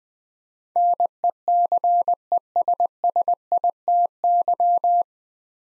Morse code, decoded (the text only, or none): NECESSITY